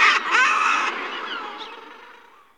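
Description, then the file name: Common murre with a harsh drawn-out growl that trails off and fades over about two seconds. "Alkoun uzkozoby Uria aalge"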